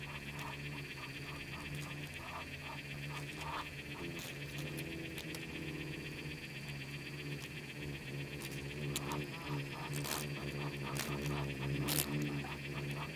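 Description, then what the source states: Insects swarming: a constant low hum, pulsing higher buzz and bursts of quick clicking that come and go. Bugs and beetles swarming in the Namib desert, recorded as part of its micro-sound soundscape.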